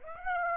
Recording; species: mosquito wingbeat signal from an infrared sensor; Aedes aegypti